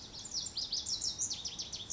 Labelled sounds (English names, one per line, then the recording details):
Pacific Wren
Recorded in Sonoma County, California